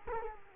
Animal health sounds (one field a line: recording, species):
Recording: mosquito wingbeat signal from an infrared sensor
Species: Culex quinquefasciatus